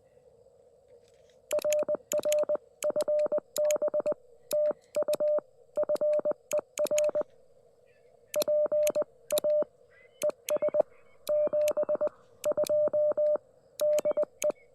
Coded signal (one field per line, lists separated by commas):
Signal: Morse code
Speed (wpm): 20 wpm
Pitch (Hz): 600 Hz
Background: radio noise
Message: RR FB TU FER PA ES 72 DE